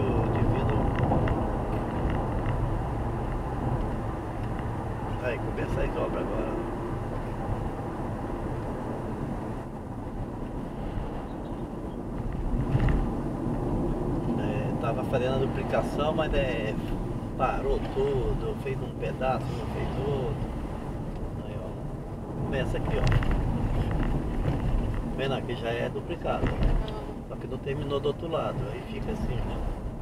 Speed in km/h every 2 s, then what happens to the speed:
90, 91, 87, 83, 75, 67, 60, 56, 48, 50, 55, 56, 53, 54, 56.
3-15 brakes to 48. 15-30 steady at about 54.